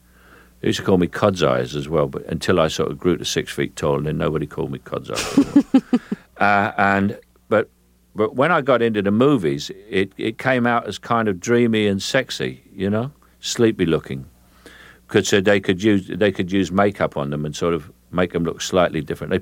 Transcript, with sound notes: They used to call me cod's eyes as well until I sort of grew to 6 feet tall, and then nobody called me cods' eyes anymore.
(Laughter).
But when I got into the movies, it came out as kind of dreamy and sexy, you know, sleepy-looking. They said they could use makeup on them and sort of make them look slightly different.